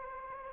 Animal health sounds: mosquito wingbeat signal from an infrared sensor; Anopheles gambiae

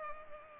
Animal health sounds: mosquito wingbeat signal from an infrared sensor; Culex pipiens

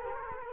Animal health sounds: mosquito wingbeat signal from an infrared sensor; Culex quinquefasciatus

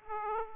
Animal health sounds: mosquito wingbeat signal from an infrared sensor; Aedes aegypti

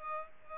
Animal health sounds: mosquito wingbeat signal from an infrared sensor; Culex pipiens

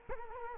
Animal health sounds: mosquito wingbeat signal from an infrared sensor; Culex quinquefasciatus

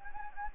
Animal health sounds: mosquito wingbeat signal from an infrared sensor; Anopheles gambiae

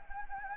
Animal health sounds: mosquito wingbeat signal from an infrared sensor; Anopheles gambiae

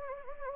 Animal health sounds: mosquito wingbeat signal from an infrared sensor; Anopheles gambiae

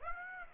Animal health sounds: mosquito wingbeat signal from an infrared sensor; Aedes aegypti

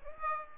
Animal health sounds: mosquito wingbeat signal from an infrared sensor; Aedes aegypti

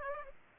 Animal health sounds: mosquito wingbeat signal from an infrared sensor; Aedes aegypti

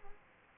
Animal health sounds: mosquito wingbeat signal from an infrared sensor; Aedes aegypti

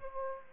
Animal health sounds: mosquito wingbeat signal from an infrared sensor; Aedes aegypti

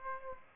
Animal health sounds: mosquito wingbeat signal from an infrared sensor; Aedes aegypti

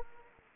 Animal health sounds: mosquito wingbeat signal from an infrared sensor; Anopheles arabiensis

